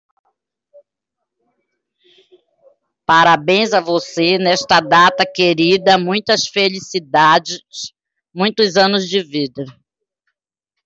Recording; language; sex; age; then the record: short text; Brazilian Portuguese; female; 60 to 69 years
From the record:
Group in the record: control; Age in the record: 62 years